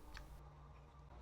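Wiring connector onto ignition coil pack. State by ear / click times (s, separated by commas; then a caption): seated / 0.2 s. A plastic wiring connector is slid onto an ignition coil pack on a Porsche Cayenne, giving a single short, sharp click at 0.2 s over a low steady hum. The connector seats in place.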